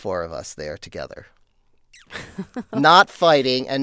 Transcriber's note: soundbite of laughter